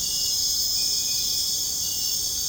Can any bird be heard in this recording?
no